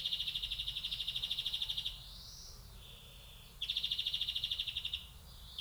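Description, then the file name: European greenfinch gives a long rapid trill, then a soft rising-and-falling wheeze, followed by another fast trill. "Chloris chloris"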